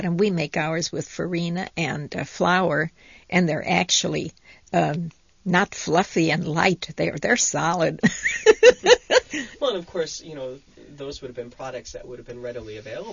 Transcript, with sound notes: We make ours with farina and flour, and they're actually not fluffy and light. They're solid. ( she laughs )
Well, of course, those would have been products that would have been readily available.